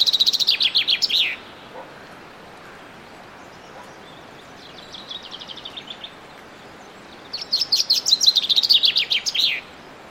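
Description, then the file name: Common chaffinch song: a fast, bright trill of high notes that drops to a flourish, given at the start and again near the end. "Fringilla coelebs"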